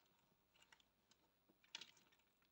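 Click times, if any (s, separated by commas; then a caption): none. A plastic locking washer is pressed onto the stem of a plastic safety eye through a crocheted amigurumi elephant head, and it is quite hard to push. Soft scratchy handling and small taps are heard, with two sharp ticks near 1.8 s. Nothing has seated or clicked yet.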